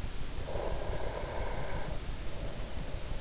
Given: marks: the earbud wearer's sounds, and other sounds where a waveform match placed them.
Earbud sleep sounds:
sounds in sleep by an in-ear microphone; breath
0.22-3.14 s: breath

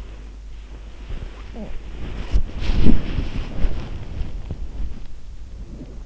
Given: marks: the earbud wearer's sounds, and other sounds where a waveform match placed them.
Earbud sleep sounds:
sounds in sleep by an in-ear microphone; body movement
1.62-6.06 s: body movement

